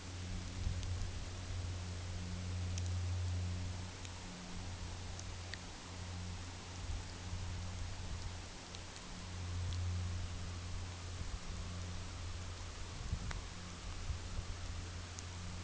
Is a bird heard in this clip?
no